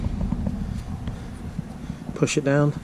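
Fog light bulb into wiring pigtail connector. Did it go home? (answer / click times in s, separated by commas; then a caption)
no / none. A fog light bulb for a 2006-2013 Chevy Impala is placed on top of its wiring pigtail connector and lined up, with faint light taps near 0.2, 0.3, 0.5 and 1.1 seconds over steady low rumble and wind-like noise. Someone talks near the end. The bulb has not been pushed down yet, so nothing has clicked into place.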